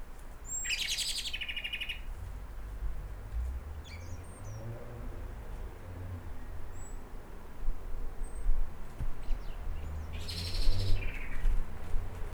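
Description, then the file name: Eurasian blackbird giving two loud, harsh chattering bursts, one near the start and one near the end, with a few thin high notes between and low background rumble. "Turdus merula"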